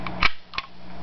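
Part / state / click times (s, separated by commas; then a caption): rifle cartridge into internal magazine / seated / 0.2 s. A rifle cartridge is pushed by hand into the internal magazine (floor plate, holding up to five rounds) of a Howa 1500 custom sniper rifle. A sharp metallic click at 0.3 s is preceded by a faint tick and followed by a softer double click near 0.6 s, over a low steady hum. The round seats in the magazine at 0.3 s.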